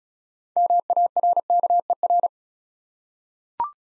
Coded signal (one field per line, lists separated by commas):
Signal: Morse code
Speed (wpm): 35 wpm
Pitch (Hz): 700 Hz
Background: none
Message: MARKER